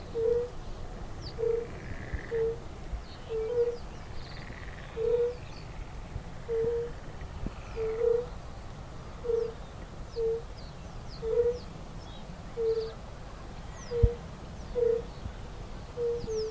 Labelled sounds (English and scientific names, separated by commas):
Fire-Bellied Toad (Bombina bombina) call